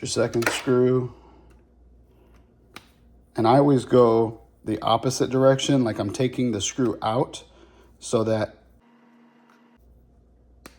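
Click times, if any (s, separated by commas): 10.7 s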